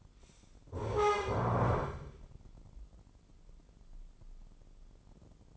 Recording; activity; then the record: daily activity, microphone in the room; stand up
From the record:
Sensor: 5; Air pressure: 996.1 hPa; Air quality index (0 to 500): 245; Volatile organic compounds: 474 ppm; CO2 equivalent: 4784 ppm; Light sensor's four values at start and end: 164/392/166/181 and 163/391/165/181